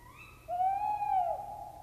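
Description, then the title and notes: Tawny owl giving a long, steady hoot held for over a second, with a fainter, higher note starting just before it. "Viikon luontoääni: Lehtopöllö. Juha Laaksonen"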